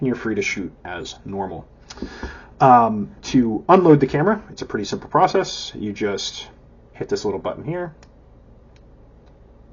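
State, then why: Not seated. Someone talks while reaching for the small metal rewind release button on a film camera body to unload the camera, with quiet background noise after the talking stops near 8 seconds. The button has not clicked in yet by the end of the clip.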